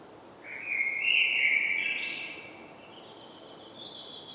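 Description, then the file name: Common blackbird song: a loud, rich fluting phrase that slides into a long, thin, high-pitched squeaky ending. "Turdus merula"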